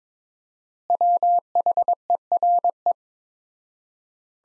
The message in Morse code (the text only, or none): WHERE